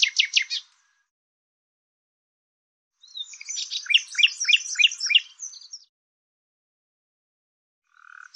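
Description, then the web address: Bird song: high song bursts separated by silence, the middle one a jumbled run of quick repeated chirps over about three seconds. "Deverinetal 2025"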